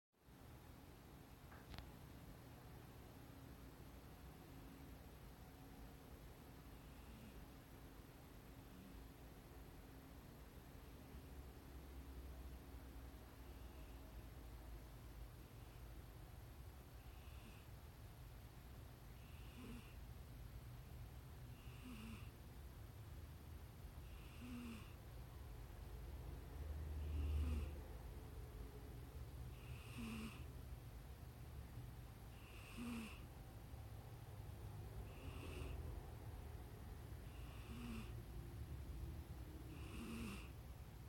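Cat nose sounds: soft, snuffly breaths with a faint whistle repeat about every three seconds and grow clearer after the first fifteen seconds. A steady low rumble, like purring, runs underneath, with one louder bump near 27 seconds.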